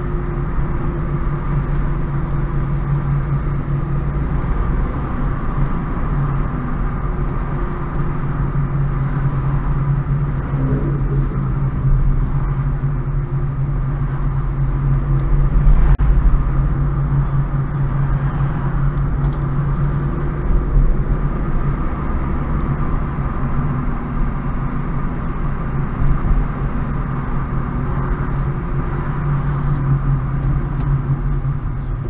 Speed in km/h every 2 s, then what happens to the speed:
33, 33, 37, 33, 31, 25, 25, 27, 31, 33, 37, 38, 37, 35, 33, 22.
0-5 steady at about 33. 5-9 slows to 25. 13-20 speeds up to 37. 20-25 steady at about 37. 25-32 slows to 22.